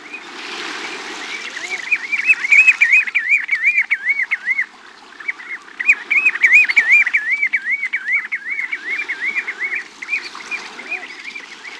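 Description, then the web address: Bird calling in long wavering whistled phrases, a quick rising and falling warble repeated in runs of several seconds, with a low hum beneath. "Peterson North American Birds iso sound crpl"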